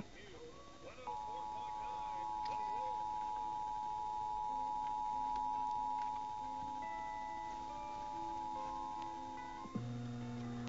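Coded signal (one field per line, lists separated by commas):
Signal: Emergency Alert System (SAME) tones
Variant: 853 and 960 Hz attention tone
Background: music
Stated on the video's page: Illinois Required Monthly Test relayed by broadcast stations.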